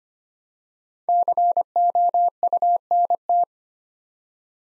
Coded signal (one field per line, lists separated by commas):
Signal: Morse code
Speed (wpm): 25 wpm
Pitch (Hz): 700 Hz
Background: none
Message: COUNT